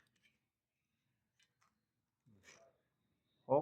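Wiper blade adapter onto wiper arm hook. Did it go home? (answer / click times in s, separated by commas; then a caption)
no / none. A new wiper blade adapter is lined up and slid toward the J-hook of a Honda Civic FD wiper arm before being pushed home. Only faint scattered ticks and light rustling are heard, and someone talks briefly near the middle and again loudly at the end. Nothing has seated or clicked yet.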